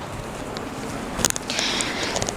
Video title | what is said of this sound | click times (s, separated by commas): Farm CCTV Too Far 450m & 550m Camera Network Solved Without Signal Loss! | connect with our fiber optic cable. We can hear a snap. | 1.2 s, 1.3 s